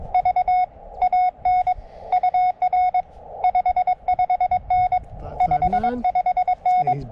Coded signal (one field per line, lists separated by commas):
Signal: Morse code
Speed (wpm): 22 wpm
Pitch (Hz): 730 Hz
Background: none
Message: V AN UR 55N 55N